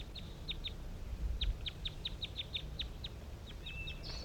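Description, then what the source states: Crossbill calls, a quick run of clipped high chip notes repeated several times a second over low rumbling background. Captive crossbills calling in response to five wild birds that flew over, at a hillside net site, almost 10 a.m.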